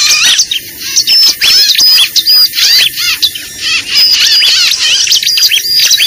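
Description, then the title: Lovebird calls: high, squeaky chirps and arched notes in rapid overlapping bursts, nearly continuous throughout. Lure recording used to attract birds (pikat). "PIKAT BURUNG LOVEBIRD"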